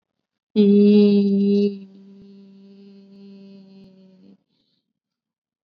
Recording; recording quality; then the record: sustained vowel as in beet; excellent, no background noise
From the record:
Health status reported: COVID-19 positive, mild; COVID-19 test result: positive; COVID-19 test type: RT-PCR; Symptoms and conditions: cough, fatigue, muscle pain, diabetes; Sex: female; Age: 49 years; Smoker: no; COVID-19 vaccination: both doses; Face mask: worn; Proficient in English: yes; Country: India